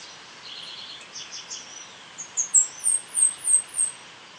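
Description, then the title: São Francisco sparrow singing a series of several high, thin notes, after a few fainter, lower notes and soft background hiss. "LuckyPassaro Completos2Sama. Sao Francisco Sparrow (Arremon franciscanus)"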